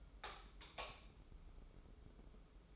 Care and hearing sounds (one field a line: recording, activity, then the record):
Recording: daily activity, microphone in the room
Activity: light off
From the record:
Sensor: 1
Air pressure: 995.4 hPa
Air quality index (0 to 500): 26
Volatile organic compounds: 1 ppm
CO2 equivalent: 516 ppm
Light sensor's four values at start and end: 14/42/16/17 and 11/26/10/11